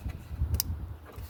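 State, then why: Seated. On a Volvo D5 (Euro4) engine, a replacement MAP sensor is pushed back onto the intake housing until its plastic clip catches with a sharp click at 0.6 s, just after a softer tick at 0.55 s, over a low rumbling background. The clip is seated, nice and tight.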